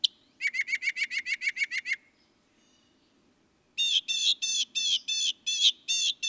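Northern mockingbird song: a rapid series of clipped notes, a pause, then loud harsh buzzy phrases repeated in quick succession.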